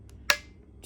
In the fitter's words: are snug so one click two